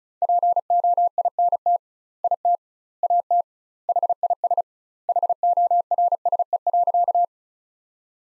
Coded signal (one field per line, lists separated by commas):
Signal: Morse code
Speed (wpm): 34 wpm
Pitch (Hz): 700 Hz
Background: none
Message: POINT IT AT HIS HORSE.